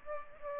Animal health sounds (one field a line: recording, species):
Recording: mosquito wingbeat signal from an infrared sensor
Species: Aedes aegypti